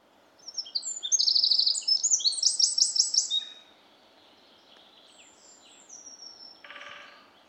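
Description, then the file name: Eurasian wren singing one loud, fast outburst of high trills and sharp notes lasting about three seconds, followed by quieter scattered chirps and a short buzzy note. "Troglodytes troglodytes"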